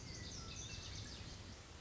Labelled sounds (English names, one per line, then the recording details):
Lazuli Bunting
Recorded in Sonoma County, California